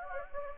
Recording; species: mosquito wingbeat signal from an infrared sensor; Anopheles gambiae